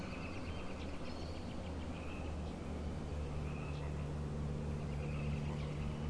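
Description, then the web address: Frog chorus of short raspy trills scattered irregularly, with a steady low hum beneath and a few faint high notes. Frog chorus at Grafton Lake, recorded 3 May 2009. "The Frog Chorus Tunes Up On Grafton Lake"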